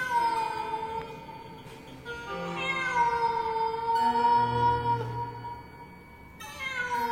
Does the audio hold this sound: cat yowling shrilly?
yes